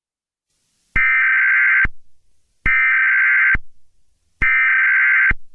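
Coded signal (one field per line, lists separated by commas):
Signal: Emergency Alert System (SAME) tones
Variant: header bursts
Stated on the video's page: Fictional scenario made for entertainment, though the tones are live EAS tones that may trigger equipment.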